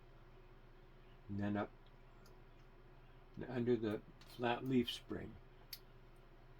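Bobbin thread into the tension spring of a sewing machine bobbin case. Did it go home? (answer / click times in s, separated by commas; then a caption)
yes / 5.7 s. The bobbin thread on a Kenmore 158.504 sewing machine is guided up through the slot in the metal bobbin case and pulled under the flat leaf tension spring while someone talks. A short, sharp click is heard at 5.7 s as the thread seats under the tension spring.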